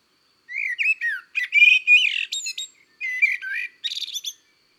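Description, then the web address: Common blackbird song: low fluted warbling phrases that rise and fall, each ending in high squeaky twittering notes, in short bursts separated by brief pauses. February. "Fevrier Le Merle noir. les-4-saisons-des-chants-doiseaux"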